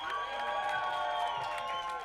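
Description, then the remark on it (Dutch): A crowd applauds and cheers loudly for the feminist rap duo, a dense steady wash of clapping with high shouts and whoops rising above it. “Mag ik alsjeblieft een heel luid applaus voor Purfeministisch Rap Duo ….”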